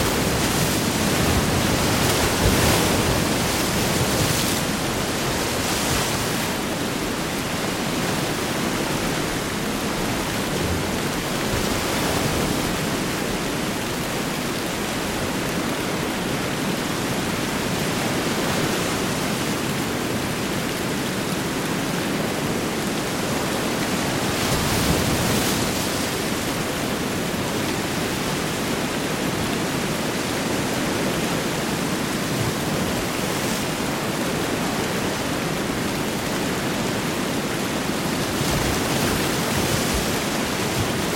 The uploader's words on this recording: Heavy Rain & Big Ocean Waves | Rainstorm Sounds White Noise.